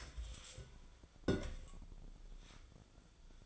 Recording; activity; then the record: daily activity, microphone in the room; take from stove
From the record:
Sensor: 5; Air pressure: 1010.0 hPa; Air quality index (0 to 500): 152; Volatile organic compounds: 3 ppm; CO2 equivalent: 1485 ppm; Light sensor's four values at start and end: 243/594/252/276 and 251/602/258/287